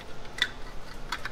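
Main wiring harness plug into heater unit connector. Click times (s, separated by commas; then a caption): 0.4 s. The main wiring harness plug, keyed rounded on one end and square on the other, is pushed onto its mating connector on an Espar S2D2 heater unit in a camper van. A sharp click at 0.4 s marks it seating into place, followed by two softer ticks around 1.1 and 1.3 s. No one talks.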